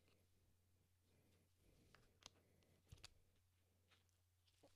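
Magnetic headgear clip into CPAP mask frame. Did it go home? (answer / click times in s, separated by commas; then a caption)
no / none. Someone handles the magnetic headgear clip of a ResMed AirFit F20 CPAP mask near the mask frame, with soft rustling and scattered small ticks, including a sharp tick at about 2.3 s and a few more around 2.9–3.1 s. Nothing has clicked into place or seated yet.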